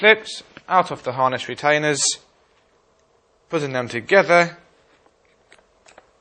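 Someone talks while handling the two plastic and metal harness tongues of a Britax First Class Plus child car seat, putting them together to push into the seat's harness buckle. After the talk stops, only a few faint, brief ticks of handling are heard between about 5.1 and 6.0 seconds. Nothing has seated or clicked into the buckle yet.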